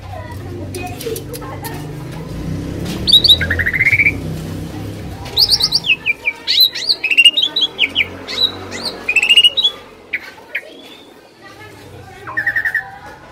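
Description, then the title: Asian pied starling song: harsh squawky notes and rapid chattering whistles in clustered bursts, over a low background hum. Masteran (training recording) of Asian pied starling song for birds that sing too little or are sluggish. "Masteran Jalak Suren Atasi Burung KURANG GACOR Dan LOYO"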